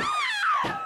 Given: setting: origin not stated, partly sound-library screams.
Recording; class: one-second piece from a danger detection set; woman in danger